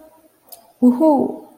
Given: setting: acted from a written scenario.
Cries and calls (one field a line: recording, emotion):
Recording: vocal sound without words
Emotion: triumph